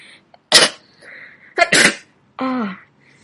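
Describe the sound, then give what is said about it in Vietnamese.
A woman sneezes several times in a row after a cold gust of wind: sharp, explosive sneezes come one after another with short breathy gasps between them, the last trailing off in a brief voiced groan. No talking. “vừa định hỏi gì đó thì một trận gió rét thổi đến, cô liên tục hắt hơi vài cái.”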